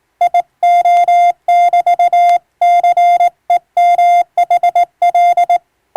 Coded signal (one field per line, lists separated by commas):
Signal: Morse code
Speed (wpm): 20 wpm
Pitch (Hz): 700 Hz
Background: none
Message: IO <BT> CEMHL